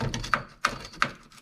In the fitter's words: it'll be nice if it there we go just like that yeah that just pops right into that little